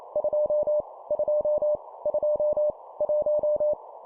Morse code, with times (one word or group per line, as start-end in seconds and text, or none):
0.2-0.8 2
1.1-1.8 2
2.1-2.7 2
3.0-3.7 1